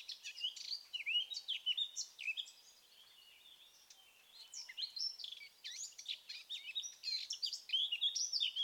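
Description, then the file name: Eurasian blackcap song, rapid chattering warble with looping whistled notes, in two long phrases separated by a short quiet spell. "Sylvia atricapilla"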